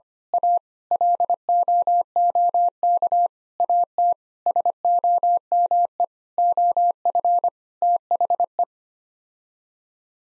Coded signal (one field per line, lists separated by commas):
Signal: Morse code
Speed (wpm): 25 wpm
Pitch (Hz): 700 Hz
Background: none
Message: A LOOK AT SOME OF THE